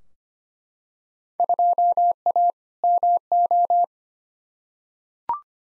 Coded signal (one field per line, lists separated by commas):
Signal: Morse code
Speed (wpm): 25 wpm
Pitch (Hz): 700 Hz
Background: none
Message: 2A MO